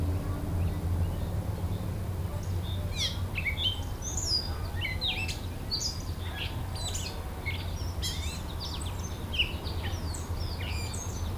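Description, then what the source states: Birds singing varied high chirps and short whistled notes after the first three seconds, over a steady low road rumble. Backyard birds with wind in trees and road noise.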